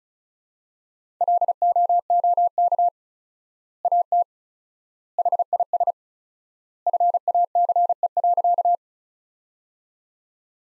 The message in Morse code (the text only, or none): LOOK AT HIS FACE.